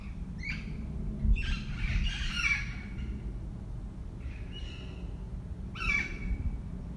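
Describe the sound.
Parakeet giving loud grating squawks: a burst early, a longer harsh run, a softer call later and a sharp screech near the end, low noise behind.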